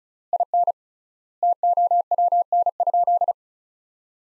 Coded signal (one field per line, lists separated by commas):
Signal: Morse code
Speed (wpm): 34 wpm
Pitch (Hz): 700 Hz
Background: none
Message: IN TOWN?